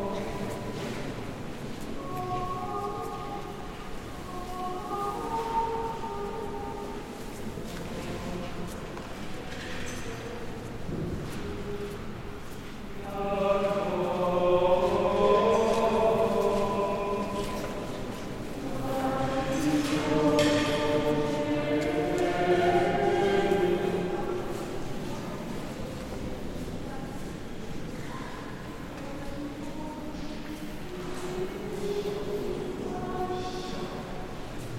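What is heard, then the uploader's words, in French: Inside the Basilique Saint-Sernin de Toulouse, steady murmured voices and footsteps fill the space, with sustained tones swelling louder around fifteen and twenty-two seconds. Basilique Saint-Sernin de Toulouse. Recorded by Dan Capture.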